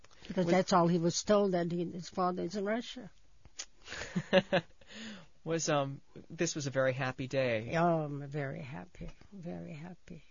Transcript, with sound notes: Because that's all he was told, that his father's in Russia.
( he laughs ) This was a very happy day.
Oh, very happy, very happy.